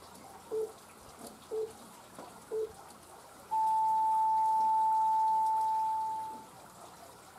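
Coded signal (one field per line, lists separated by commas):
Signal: radio time signal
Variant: time pips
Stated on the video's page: Midnight time signal from a Japanese radio broadcast, recorded at the Heisei-to-Reiwa era change.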